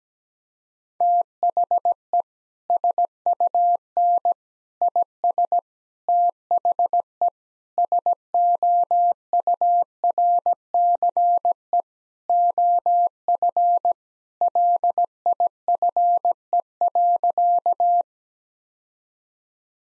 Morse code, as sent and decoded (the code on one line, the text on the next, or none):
- .... . / ... ..- -. / .. ... / - .... . / ... --- ..- .-. -.-. . / --- ..-. / .-.. .. ..-. . .-.-.-
THE SUN IS THE SOURCE OF LIFE.